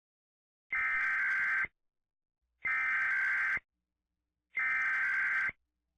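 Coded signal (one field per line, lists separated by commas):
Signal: Emergency Alert System (SAME) tones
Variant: header bursts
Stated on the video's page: Made-up EAS scenario, a simulated dust storm alert.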